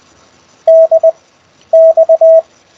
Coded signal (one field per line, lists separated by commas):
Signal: Morse code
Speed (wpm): 20 wpm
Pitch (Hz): 650 Hz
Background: none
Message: DX